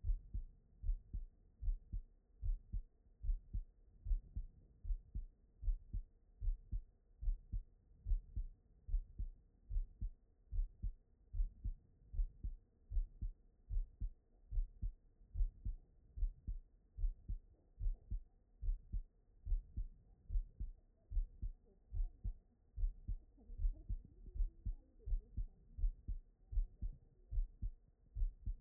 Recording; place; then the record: heart sounds by stethoscope; aortic valve (AV)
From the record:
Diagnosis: non-HFrEF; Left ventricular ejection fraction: 63%